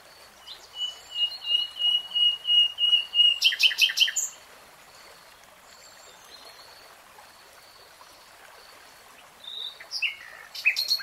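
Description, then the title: Nightingale song: a series of pure whistled notes on one pitch, then rapid loud repeated clicking notes, a pause with faint hiss, then sharp varied phrases returning near the end. "[Tiếng chim hót] REALTIME Nightingale Singing"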